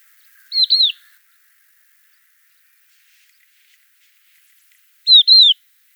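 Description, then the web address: Crested lark giving two fluty slurred calls, each of two or three wavering whistled notes, spaced about four and a half seconds apart with silence between. "galerida cristata call"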